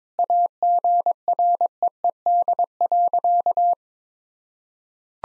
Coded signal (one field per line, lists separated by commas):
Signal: Morse code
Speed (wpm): 22 wpm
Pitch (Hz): 700 Hz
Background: none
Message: AGREED.